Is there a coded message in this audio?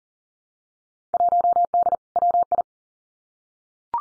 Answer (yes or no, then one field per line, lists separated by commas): yes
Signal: Morse code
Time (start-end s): 1.1-2.6 s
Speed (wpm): 41 wpm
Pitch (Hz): 700 Hz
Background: none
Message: 1D WI